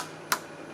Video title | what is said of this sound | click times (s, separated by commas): Explanation of different types of Motherboard and replacing Thermal Paste. | until it clicks into place and locks | 0.3 s